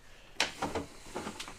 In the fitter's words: you can lock it in place